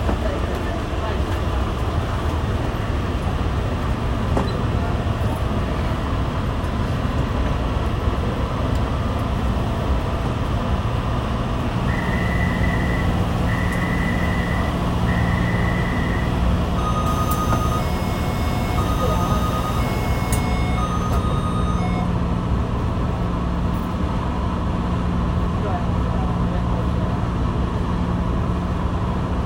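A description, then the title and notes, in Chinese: A metro ride from Taipei Main Station on the way to work, with a dense, steady rumble of the train throughout. Around twelve seconds three short beeps sound, followed by a chime pattern until about twenty-two seconds, and a low hum settles in underneath. 從台北車站搭捷運上班。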